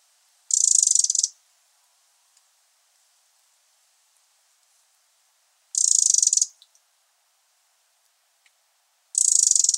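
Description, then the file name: Eurasian wren churring call: three dry, rapid rattles at irregular gaps, the last starting just before the end. "Troglodytes troglodytes"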